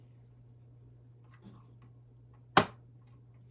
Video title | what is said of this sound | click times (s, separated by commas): EPIC Budget Filter - HW-3000 - Setup and Review | hear that now it's clicked in now it's in there and that'll be good | 2.6 s